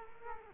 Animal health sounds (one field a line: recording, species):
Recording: mosquito wingbeat signal from an infrared sensor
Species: Culex quinquefasciatus